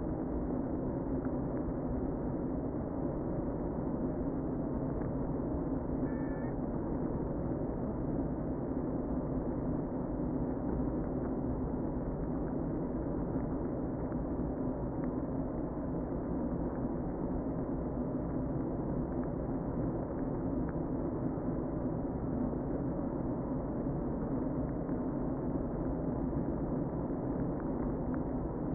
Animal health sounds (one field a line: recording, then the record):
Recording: honeybee colony, microphone inside the hive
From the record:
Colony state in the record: queen present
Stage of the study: before two queens were removed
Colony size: about 60,000 bees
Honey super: yes